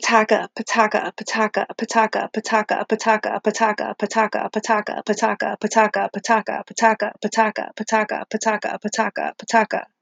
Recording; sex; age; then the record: repeated syllables /pa ta ka/; female; 30 to 39 years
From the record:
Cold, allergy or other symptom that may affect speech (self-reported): no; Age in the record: 37 years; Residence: Virginia, United States